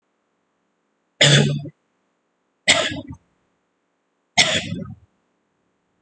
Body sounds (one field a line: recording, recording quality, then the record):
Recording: heavy voluntary cough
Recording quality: excellent, no background noise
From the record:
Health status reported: recovered from COVID-19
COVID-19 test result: negative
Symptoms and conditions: none ticked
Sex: male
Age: 23 years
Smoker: not ticked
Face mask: not worn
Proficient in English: yes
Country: India